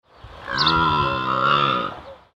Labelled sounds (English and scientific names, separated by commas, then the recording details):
Scimitar-horned Oryx (Oryx dammah)
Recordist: Tembrock, Günter
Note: Ruf eines Männchens